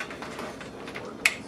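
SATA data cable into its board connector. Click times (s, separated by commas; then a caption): 1.3 s. A SATA data cable, one that didn't come with the case, is pushed into its connector on the board, with soft scraping and light bumps in the first second. One sharp, bright click rings out at 1.3 s as the cable seats firmly in its port.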